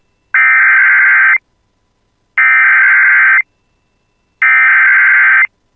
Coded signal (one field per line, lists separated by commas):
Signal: Emergency Alert System (SAME) tones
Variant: header bursts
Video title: [EAS] Severe Thunderstorm Watch for Polk County (West of Bemidji) (8/24/2026)